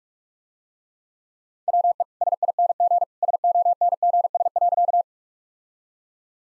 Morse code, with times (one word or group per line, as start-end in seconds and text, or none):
1.7-2.0 WE
2.2-3.0 SING
3.2-5.0 SONGS.